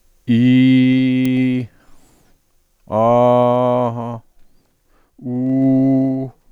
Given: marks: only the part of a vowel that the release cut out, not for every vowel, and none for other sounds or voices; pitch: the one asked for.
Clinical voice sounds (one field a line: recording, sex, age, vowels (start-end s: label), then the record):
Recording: sustained vowels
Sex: male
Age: 40 to 49 years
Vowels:
0.37-1.25 s: vowel /i/, low pitch
3.02-4.09 s: vowel /a/, low pitch
5.32-6.20 s: vowel /u/, low pitch
From the record:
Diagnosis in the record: stuttering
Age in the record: 47 years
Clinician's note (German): Keine funktionelle Dysphonie